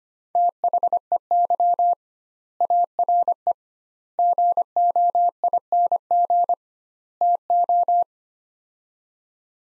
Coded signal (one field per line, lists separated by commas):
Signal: Morse code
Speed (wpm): 25 wpm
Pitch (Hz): 700 Hz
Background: none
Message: THEY ARE GOING TO